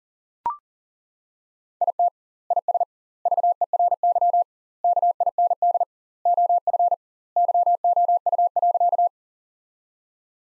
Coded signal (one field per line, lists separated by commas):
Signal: Morse code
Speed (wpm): 40 wpm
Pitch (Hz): 700 Hz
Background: none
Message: IT IS VERY KIND OF YOU.